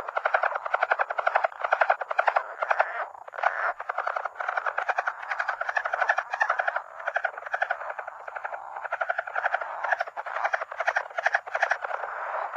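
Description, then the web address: Lowland leopard frog calling: a rapid, rattling chuckle of pulsed croaks that runs almost without a break, pausing briefly around three and nine seconds before resuming. North America. "Natures Songs N America Songs of Frogs Toads of North America Lowland Leopard Frog"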